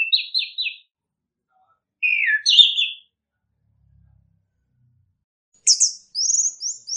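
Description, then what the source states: Bird singing three brief phrases of fast, buzzy trilled notes, separated by pauses of a couple of seconds. Chirping birdsong intended for training and tutoring favourite pet birds.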